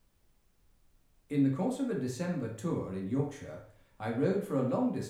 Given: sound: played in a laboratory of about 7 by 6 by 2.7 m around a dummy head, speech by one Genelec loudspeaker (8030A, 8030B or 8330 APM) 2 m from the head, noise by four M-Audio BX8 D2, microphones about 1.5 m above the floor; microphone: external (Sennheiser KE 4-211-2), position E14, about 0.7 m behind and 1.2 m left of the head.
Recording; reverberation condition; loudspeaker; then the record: male speech in English; medium; behind (180 degrees)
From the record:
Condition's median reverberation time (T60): about 510 ms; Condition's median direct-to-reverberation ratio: about -0.5 dB